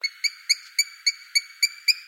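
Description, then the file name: Lorikeet calls: eight harsh, ringing chirps repeated at a quick, steady rhythm of about four per second, with nothing else audible. "BIRD LORRIKEETS"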